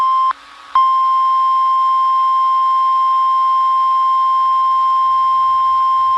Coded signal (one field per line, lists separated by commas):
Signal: Emergency Alert System (SAME) tones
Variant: 1050 Hz attention tone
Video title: Bandeiras com a letra a Mas com EAS Alarm